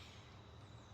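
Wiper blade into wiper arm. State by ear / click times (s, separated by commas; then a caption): not seated / none. A new wiper blade is handled at the wiper arm of a Lexus, with a steady broadband rumble and low hum throughout and no sharp hits. Nothing has clicked or seated yet; the blade is not yet home on the arm.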